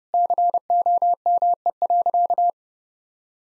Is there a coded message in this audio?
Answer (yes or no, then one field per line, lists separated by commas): yes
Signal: Morse code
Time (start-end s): 0.1-2.5 s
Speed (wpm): 32 wpm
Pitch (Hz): 700 Hz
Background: none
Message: COME.